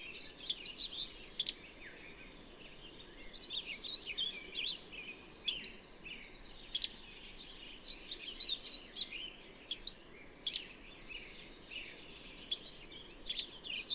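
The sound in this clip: Bird song of high chirps and quick warbling phrases, loud note pairs recurring every few seconds, against soft background noise.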